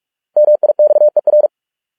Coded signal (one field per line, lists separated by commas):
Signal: Morse code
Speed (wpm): 46 wpm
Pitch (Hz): 600 Hz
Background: none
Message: MIXER